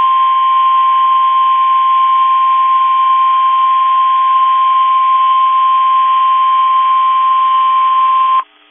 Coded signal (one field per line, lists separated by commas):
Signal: Emergency Alert System (SAME) tones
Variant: 1050 Hz attention tone